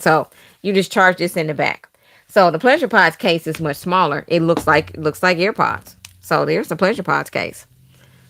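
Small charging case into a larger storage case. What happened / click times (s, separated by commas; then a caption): The small case is handled but not yet seated; no seating click / none. A small, earbud-like charging case is handled near the magnetic charging slot of a larger storage case while someone talks throughout. Nothing has seated or clicked into the slot yet.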